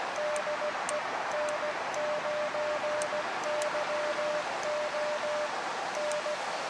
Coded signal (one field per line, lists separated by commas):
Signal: Morse code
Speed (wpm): 16 wpm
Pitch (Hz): 600 Hz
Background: none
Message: DE N9YO N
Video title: QRP Packtenna & Elecraft KX2 | Long Wire in BIG CHICAGO